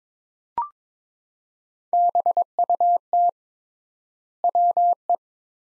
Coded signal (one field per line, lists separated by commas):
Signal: Morse code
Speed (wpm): 21 wpm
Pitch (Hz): 700 Hz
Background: none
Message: BUT WE